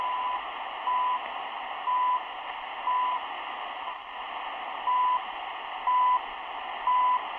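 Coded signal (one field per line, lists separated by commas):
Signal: radio time signal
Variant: CHU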